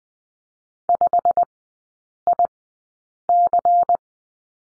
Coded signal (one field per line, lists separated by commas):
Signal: Morse code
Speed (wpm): 20 wpm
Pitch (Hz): 700 Hz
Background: none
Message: 5IC